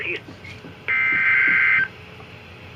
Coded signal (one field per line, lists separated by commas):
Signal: Emergency Alert System (SAME) tones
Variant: header bursts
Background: speech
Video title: Special Marine Warning (EAS #472)